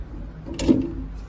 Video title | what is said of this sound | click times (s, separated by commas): แนะนำการถอด เพื่อทำความสะอาด โถจ่ายน้ำหวาน Juice Dispenser LSJ9x3 | นี้คือลงล็อคนะครับพอลงล็อคแล้วเนี่ยเราจะไปหมุนเขาไม่ได้แล้วนะ | 0.6 s